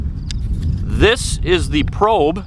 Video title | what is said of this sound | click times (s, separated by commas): Meater Meat Thermometer Review Plus Bonus Tri Tip Cook | door here is magnetic as well and it just snaps in place | 0.3 s